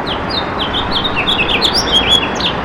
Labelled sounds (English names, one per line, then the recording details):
House Finch song
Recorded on Long Island, New York, on 27 June 2012
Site BE
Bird A